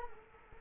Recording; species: mosquito wingbeat signal from an infrared sensor; Culex quinquefasciatus